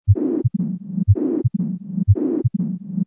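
Regular heartbeat near 60 per minute with split heart sounds and a low-pitched systolic murmur, typical of Ebstein's anomaly.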